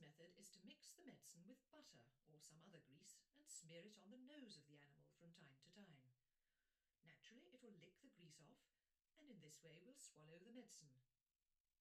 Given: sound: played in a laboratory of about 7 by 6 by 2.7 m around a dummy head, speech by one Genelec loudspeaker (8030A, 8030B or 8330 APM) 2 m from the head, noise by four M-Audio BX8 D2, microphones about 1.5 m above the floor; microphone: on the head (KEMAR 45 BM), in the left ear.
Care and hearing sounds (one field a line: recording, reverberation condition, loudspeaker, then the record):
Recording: female speech in English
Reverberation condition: low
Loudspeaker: 30 degrees to the right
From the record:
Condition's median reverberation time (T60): about 310 ms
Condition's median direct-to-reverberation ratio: about 3.5 dB